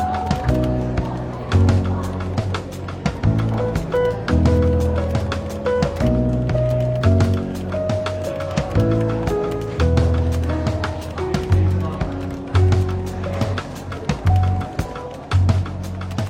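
Soft, relaxed jazz plays steadily in a bookshop café, its warm bass notes shifting every second or so beneath frequent light clinks and taps.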